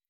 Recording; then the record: hydrophone in a shrimp aquaculture tank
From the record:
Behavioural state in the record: weakened